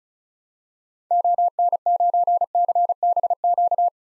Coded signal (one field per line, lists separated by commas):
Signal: Morse code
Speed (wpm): 36 wpm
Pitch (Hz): 700 Hz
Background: none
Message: ON9CBQ